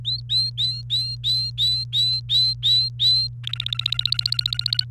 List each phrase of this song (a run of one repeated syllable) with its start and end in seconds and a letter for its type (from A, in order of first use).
0.05-3.28 A, 3.43-4.84 B